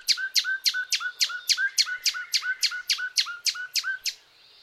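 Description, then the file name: Common nightingale song: a steady run of loud, sharp whistled notes, each sweeping downward, repeated roughly three to four times a second before stopping. "Luscinia megarhynchos"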